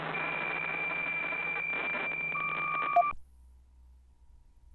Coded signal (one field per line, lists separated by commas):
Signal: PSK63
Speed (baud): 62.5 baud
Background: radio noise